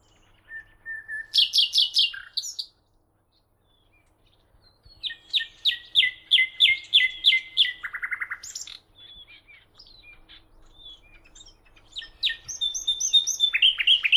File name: Luscinia megarhynchos